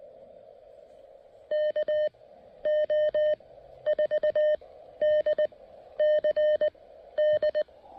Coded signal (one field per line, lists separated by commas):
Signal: Morse code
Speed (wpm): 20 wpm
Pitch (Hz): 610 Hz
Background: none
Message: KO4DCD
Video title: Mountain Topper MTR-3B: Fitting in a quick POTA activation while packing up the campsite!